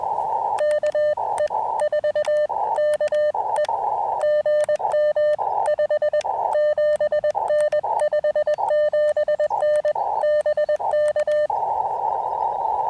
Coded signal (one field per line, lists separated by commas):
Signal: Morse code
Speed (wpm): 21 wpm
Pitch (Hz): 590 Hz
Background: radio noise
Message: KE4KE GM 57N 57N BK